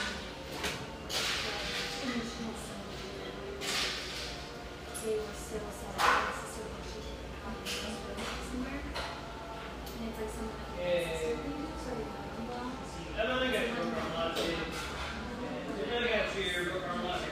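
A humming café near the beach with overlapping voices, a steady low rumble, and sharp clinks of dishes around six and eleven seconds.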